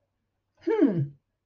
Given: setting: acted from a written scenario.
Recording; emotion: vocal sound without words; interest